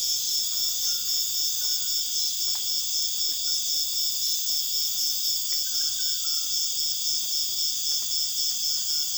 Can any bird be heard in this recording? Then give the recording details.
no. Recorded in dense forest near Puerto Asís, Putumayo, Colombia, on 9 March 2025 at 02:30. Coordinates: 0.481, -76.323. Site G088